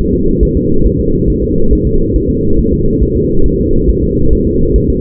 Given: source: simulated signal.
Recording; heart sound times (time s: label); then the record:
fetal heart sounds
0.13 s: S2
0.43 s: S1
0.57 s: S2
0.86 s: S1
1.00 s: S2
1.30 s: S1
1.44 s: S2
1.73 s: S1
1.87 s: S2
2.16 s: S1
2.30 s: S2
2.59 s: S1
2.73 s: S2
3.03 s: S1
3.16 s: S2
3.46 s: S1
3.60 s: S2
3.89 s: S1
4.03 s: S2
4.33 s: S1
4.47 s: S2
4.76 s: S1
4.90 s: S2
From the record:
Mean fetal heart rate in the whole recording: 140 bpm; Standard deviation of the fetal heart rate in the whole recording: 2 bpm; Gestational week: 34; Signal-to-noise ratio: -17.7 dB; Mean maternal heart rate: 72 bpm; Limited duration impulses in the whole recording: present